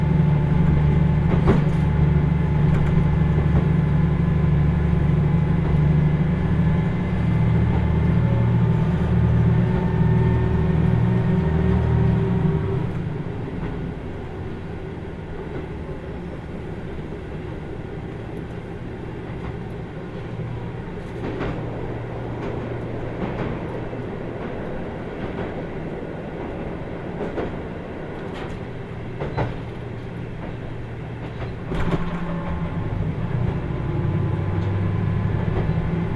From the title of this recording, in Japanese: 豊肥本線 九州横断特急3号 立野→宮地